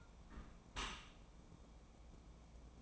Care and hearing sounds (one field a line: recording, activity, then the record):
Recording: daily activity, microphone in the room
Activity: close dishwasher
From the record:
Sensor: 1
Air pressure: 1012.4 hPa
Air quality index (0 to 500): 172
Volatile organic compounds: 3 ppm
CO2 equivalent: 1403 ppm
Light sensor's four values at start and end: 337/773/341/374 and 339/779/343/377